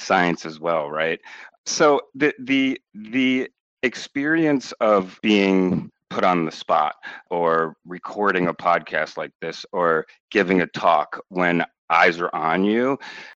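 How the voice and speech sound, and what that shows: An adult man who stutters speaks in a phone interview. His speech has repeated words ('the, the, the'), stretched filler sounds and prolonged sounds, with frequent pauses, typical of stuttering.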